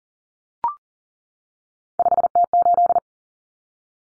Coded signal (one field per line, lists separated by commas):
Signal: Morse code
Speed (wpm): 40 wpm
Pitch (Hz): 700 Hz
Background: none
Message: 5T8